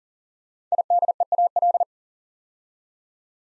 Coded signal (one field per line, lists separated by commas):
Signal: Morse code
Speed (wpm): 40 wpm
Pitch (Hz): 700 Hz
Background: none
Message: IDEAL